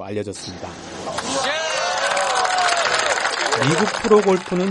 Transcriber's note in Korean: 녹취: 골프대회 현장음